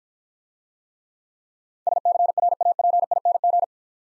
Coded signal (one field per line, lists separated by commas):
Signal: Morse code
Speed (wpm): 49 wpm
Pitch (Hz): 700 Hz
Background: none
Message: SCRAPING